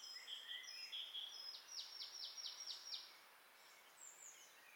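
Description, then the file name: Marsh tit calling once: a fast run of about six harsh, high, downslurred notes around the second to third second, with faint thin chirps before it and steady hiss. "Poecile palustris"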